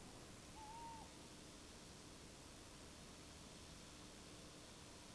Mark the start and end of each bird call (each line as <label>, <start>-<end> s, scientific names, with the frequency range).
Strix aluco (0.7-1.1 kHz), 0.55-1.06 s